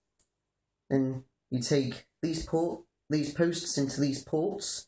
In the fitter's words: pull that back that L slides over to lock into place